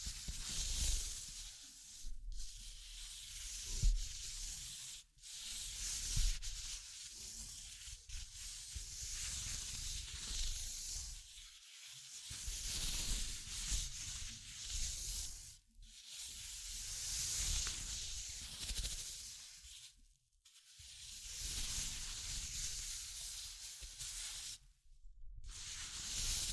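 Steady scratching and tracing noise fills most of the time, a dense bright hiss over soft low thumps and taps. The rubbing runs in long strokes broken by short silences around 2, 5, 12, 15, 20 and 25 seconds.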